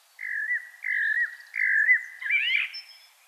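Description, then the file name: Common blackbird singing three smooth, warbled whistles in a row, each about half a second long, then a brief, rising, squeaky flourish. "Turdus merula"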